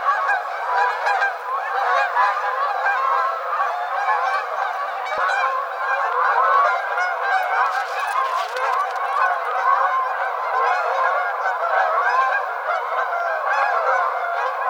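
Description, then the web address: Canada goose: canada geese calling together, a thick, unbroken wall of nasal honks from many birds, with a short burst of noise around eight seconds. Recorded 7 February 2007. "Canada Goose 2007 02 07"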